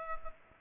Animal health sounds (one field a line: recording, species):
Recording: mosquito wingbeat signal from an infrared sensor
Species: Culex pipiens